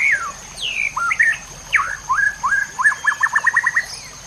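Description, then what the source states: White-rumped shama song: varied whistled notes, slurred downward phrases, then a fast series of repeated short notes near the end. Masteran (training recording for cage birds) of white-rumped shama, locally murai batu, labelled labaik.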